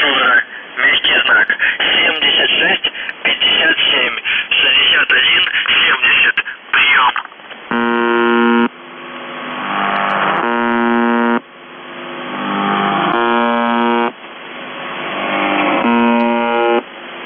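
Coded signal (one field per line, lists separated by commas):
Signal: numbers station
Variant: UVB-76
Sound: a voice speaking over radio for seven seconds, then repeated harsh low buzzes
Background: radio static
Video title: The Buzzer/UVB-76(4625Khz) July 1, 2021 10:08UTC Voice message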